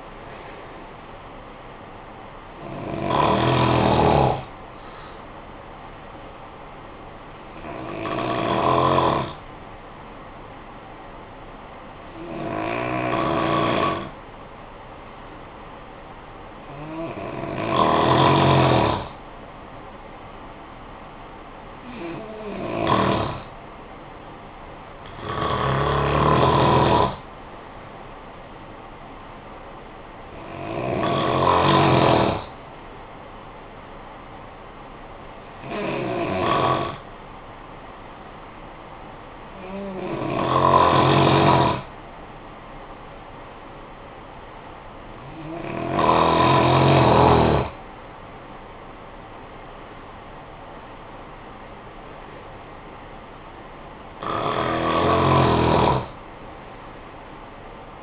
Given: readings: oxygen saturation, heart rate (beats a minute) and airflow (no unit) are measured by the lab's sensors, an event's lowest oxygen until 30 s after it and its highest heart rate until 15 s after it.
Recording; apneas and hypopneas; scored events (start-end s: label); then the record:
breathing in sleep by a voice recorder at the bedside; 2
9.00-22.50 s: hypopnea (N2, oxygen 94% highest, then 92% lowest, heart rate 51 at the start, 63 highest)
34.00-48.40 s: hypopnea (N2, oxygen 93% highest, then 91% lowest, heart rate 47 at the start, 65 highest)
From the record:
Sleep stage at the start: N2 (light sleep); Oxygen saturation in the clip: 87 to 95%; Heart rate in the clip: 47 to 69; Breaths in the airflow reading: 12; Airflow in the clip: -10.7 to 7.4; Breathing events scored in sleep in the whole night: 445 in 7.6 hours asleep